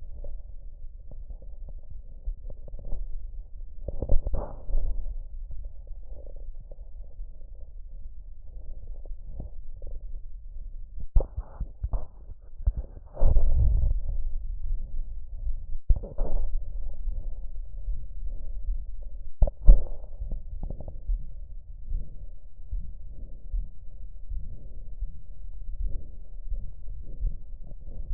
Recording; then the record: lung sounds by stethoscope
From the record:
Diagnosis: emphysema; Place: left posterior upper chest